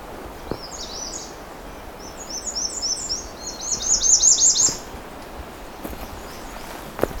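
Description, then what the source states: Redstart song: a quick series of thin, very high slurred notes that builds and grows louder before ending abruptly, with a few knocks. Male singing during a listening stop on a trail walk; redstarts have many song variations, generally short.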